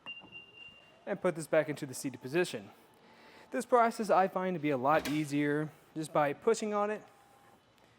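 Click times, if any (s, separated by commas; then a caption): none. Someone talks while the integrated ramp of a Yakima OnRamp LX 2 bike rack, mounted in its carrier frame on a 2023 Mitsubishi Outlander, is being pushed back toward its stowed carry position. Nothing has clicked or seated yet; the clip ends just before the ramp goes home.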